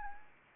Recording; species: mosquito wingbeat signal from an infrared sensor; Anopheles arabiensis